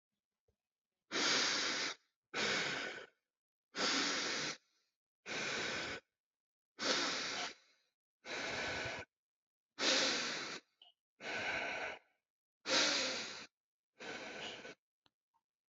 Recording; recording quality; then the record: deep breathing; excellent, no background noise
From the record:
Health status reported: healthy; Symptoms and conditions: none ticked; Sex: male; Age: 41 years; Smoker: not ticked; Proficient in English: yes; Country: United States